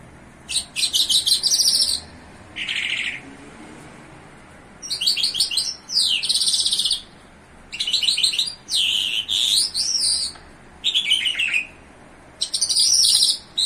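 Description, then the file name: Bimaculated lark calling in repeated bursts of dry, chattering chirps and slurred notes, separated by brief pauses, against a quiet background hiss. In Iran. "iranian sound bimaculated lark"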